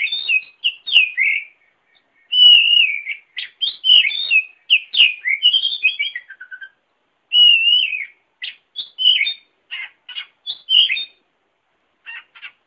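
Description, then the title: Oriental magpie-robin song, a lively run of varied whistled and warbled phrases, some slurred and falling, broken by short pauses. "Kacer"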